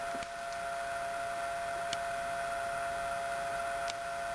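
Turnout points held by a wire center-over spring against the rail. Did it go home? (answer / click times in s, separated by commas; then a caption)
yes / 1.9 s. The points of an N scale model railroad turnout are thrown by hand, with a small triangular wire center-over spring sitting between a tie and the throw bar. Over a steady background hum, a sharp snap is heard at 1.9 s. The points snap into position and hold against the rail instead of moving freely.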